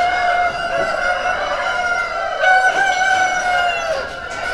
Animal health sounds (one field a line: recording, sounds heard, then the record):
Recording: poultry house recording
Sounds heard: healthy chickens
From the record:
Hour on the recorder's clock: 7